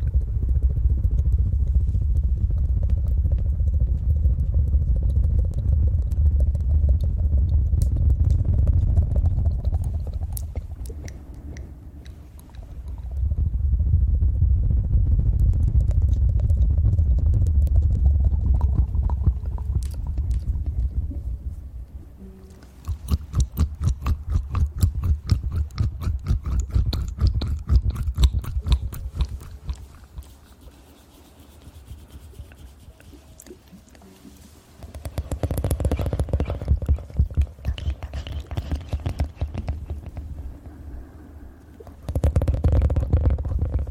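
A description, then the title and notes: Fast ear eating and licking sounds, with heavy low rumbling surges from 0 to 10 seconds and again from 13 to 21. From about 23 to 34 seconds a rapid, dense run of crisp clicks and smacks takes over, then brief loud wet bursts near 35 and 42 seconds. ASMR Fast Ear Eating & Licking.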